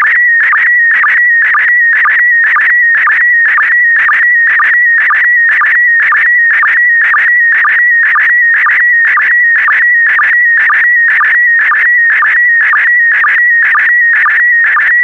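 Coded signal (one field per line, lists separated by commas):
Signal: SSTV (slow-scan television)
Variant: PD120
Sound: warbling tone near 2 kHz with rhythmic low blips about twice per second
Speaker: the next image transmission will start in 10 seconds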